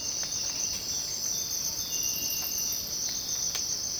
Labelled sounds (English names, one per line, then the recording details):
none
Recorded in dense forest near Puerto Asís, Putumayo, Colombia, on 24 March 2025 at 05:30
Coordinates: 0.481, -76.323
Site G088